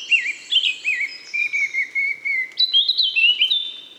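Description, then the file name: Eurasian blackcap song, loud clear fluting phrases that wobble up and down, delivered in a fast unbroken run. "Sylvia atricapilla"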